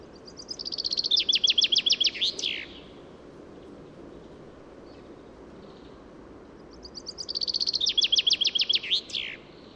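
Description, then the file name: Common chaffinch singing two full phrases about seven seconds apart, each a fast descending trill of sharp notes closing with a slurred terminal flourish. "Fringilla coelebs"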